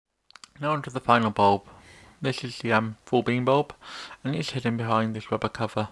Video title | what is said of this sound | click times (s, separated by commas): How To Replace the side light full beam and indicator bulbs On A Citroen C4 Grand Picasso | What you have to do is pop the hot bulb back into the headlight unit by just giving it a gentle push. You should hear it click into place. | 0.3 s, 0.4 s